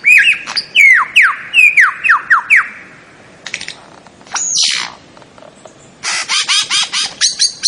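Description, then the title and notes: Bird song of quick descending slurred whistles in a run, then a harsh rasping note, then rapid buzzy repeated notes. Melodious voice. "Burung Dengan Suara Merdu"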